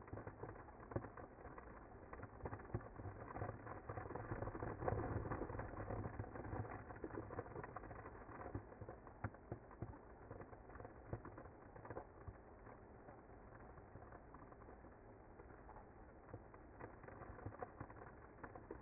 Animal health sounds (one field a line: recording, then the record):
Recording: honeybee colony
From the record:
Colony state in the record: active